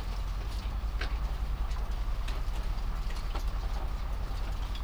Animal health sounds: poultry house recording; sick chickens (respiratory disease)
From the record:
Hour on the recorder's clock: 21

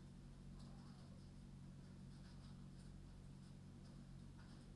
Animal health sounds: poultry house recording; no chicken sound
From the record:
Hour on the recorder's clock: 22

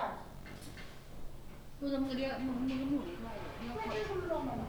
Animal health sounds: poultry house recording; no chicken sound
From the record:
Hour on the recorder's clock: 17

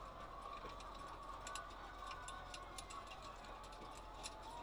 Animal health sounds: poultry house recording; healthy chickens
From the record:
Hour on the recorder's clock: 8

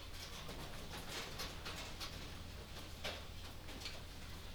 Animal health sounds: poultry house recording; no chicken sound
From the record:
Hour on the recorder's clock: 1

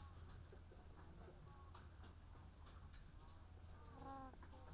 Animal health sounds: poultry house recording; sick chickens (respiratory disease)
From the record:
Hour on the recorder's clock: 13

